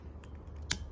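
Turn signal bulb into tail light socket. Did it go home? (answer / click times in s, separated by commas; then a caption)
yes / 0.7 s. A 3157 wedge-base turn signal bulb is lined up with the grooves and slid into its plastic tail light socket on a 2011 Jeep Grand Cherokee. A faint tick comes at 0.2 s, then a sharp, loud click at 0.7 s as the bulb seats firmly in the socket.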